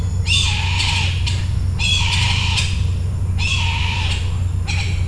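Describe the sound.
Bird making a few long, rasping squawks spaced by short gaps, above a steady low droning hum.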